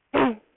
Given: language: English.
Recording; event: throat vibration sensor signal played as sound; throat clearing